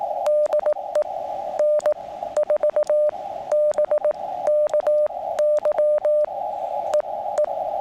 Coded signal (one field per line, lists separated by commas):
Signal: Morse code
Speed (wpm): 18 wpm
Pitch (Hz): 600 Hz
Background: radio noise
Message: DE N4BKY EE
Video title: Morse Code in the Smoky Mountains